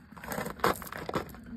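A torque wrench set to about 110–120 N·m tightens a wheel nut on a refitted car wheel. A soft rustle is followed by a sharp click at 0.6 s as the wrench reaches its setting, with a fainter knock near 1.2 s.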